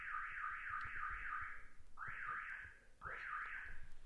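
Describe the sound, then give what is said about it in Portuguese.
A neighbor's electronic alarm goes off, wailing in rapid, repeating high-pitched warbling sweeps, sounding in three loud bursts separated by short breaks, with no voices. “Tem um som de um vizinho, um alarme que disparou aqui.”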